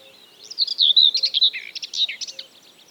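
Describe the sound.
Common whitethroat song: a brief, scratchy, hurried warble of chattering notes lasting about two seconds, then quiet.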